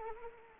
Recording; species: mosquito wingbeat signal from an infrared sensor; Anopheles arabiensis